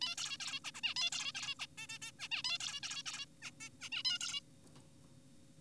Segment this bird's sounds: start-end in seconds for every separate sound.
0.01-0.15, 0.18-0.38, 0.40-0.60, 0.64-0.71, 0.75-0.81, 0.83-0.94, 0.96-1.10, 1.12-1.32, 1.35-1.55, 1.59-1.66, 1.78-1.87, 1.89-1.99, 2.02-2.12, 2.19-2.28, 2.31-2.42, 2.44-2.58, 2.60-2.80, 2.83-3.03, 3.06-3.25, 3.42-3.51, 3.61-3.69, 3.81-3.90, 3.92-4.03, 4.05-4.19, 4.21-4.41